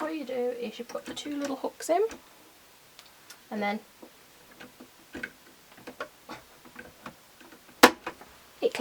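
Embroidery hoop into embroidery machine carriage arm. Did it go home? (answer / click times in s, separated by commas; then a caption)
yes / 7.8 s. An embroidery hoop's two little hooks or prongs are lined up and pushed onto the embroidery arm at the top of a Brother M320e embroidery machine. Someone talks at the start, followed by a series of small ticks and taps. The hoop clicks into place with a sharp, loud click at 7.8 s.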